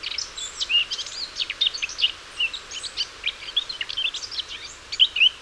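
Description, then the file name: Eurasian blackcap song: a fast, continuous warble of varied chirps, trills and short whistled notes, with a quiet hiss behind it. "Sylvia atricapilla"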